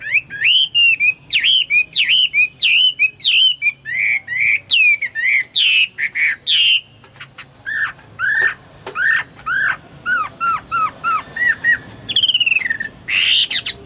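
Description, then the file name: Chinese hwamei delivering varied whistled phrases, followed by a series of evenly spaced, similar whistled notes. "omkicau hwamei"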